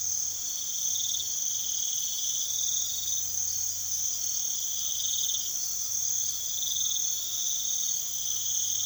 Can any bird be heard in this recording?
no